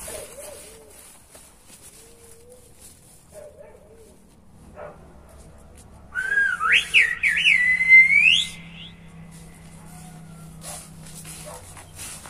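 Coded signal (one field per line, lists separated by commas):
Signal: whistled language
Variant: Silbo Gomero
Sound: a loud gliding human whistle rising and falling in pitch for about two seconds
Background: quiet room, low hum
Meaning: How are you today?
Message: How are you today?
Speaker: How are you today? But I can whistle.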